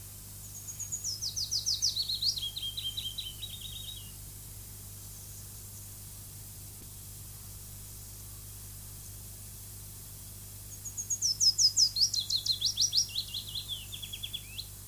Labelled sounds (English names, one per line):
Willow Warbler song